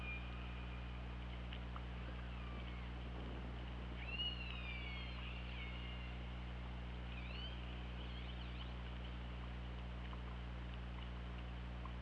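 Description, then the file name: Orca calls: several rising and falling tonal calls around the middle and again a little later, over steady underwater hiss and low hum. Recorded on an OrcaLab hydrophone, 24 August 2017 at 21:14. "Orca Lab UTLN JASON 20170824 211423"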